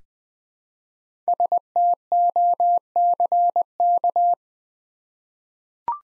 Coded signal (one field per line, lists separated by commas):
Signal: Morse code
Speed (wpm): 20 wpm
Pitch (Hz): 700 Hz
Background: none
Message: STOCK